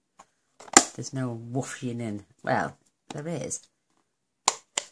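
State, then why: Seated. A stamp ink pad is slid into its slot in a plastic storage case and clicks into place. Someone talks for most of the clip, then two sharp clicks follow at 4.5 s and 4.8 s as the pad seats in the case.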